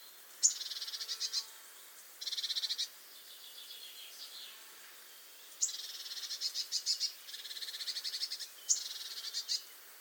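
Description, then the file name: Eurasian blue tit giving harsh, buzzy churring scolds, some opening with a thin high note; several bursts of rapid rattling pulses, with short gaps between them. "Cyanistes caeruleus"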